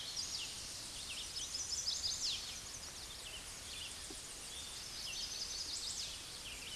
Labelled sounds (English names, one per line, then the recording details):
Chestnut-sided Warbler song
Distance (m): 5 m
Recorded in a Pennsylvania forest on 16 May 2024 at 08:38
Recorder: AudioMoth, point MSD-0438
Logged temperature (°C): 14.5 °C
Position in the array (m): 101 m, 99 m